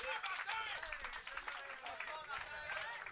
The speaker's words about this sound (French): On peut l'applaudir, d'ailleurs! Oui!